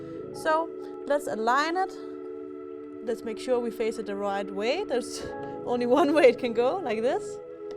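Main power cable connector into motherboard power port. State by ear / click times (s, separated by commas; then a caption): not seated / none. A large 24-pin main power cable connector is lined up and faced the right way against the motherboard's main power port, the only port that big on the board. Someone talks over steady background music, with no distinct handling sounds. Nothing has seated or clicked yet.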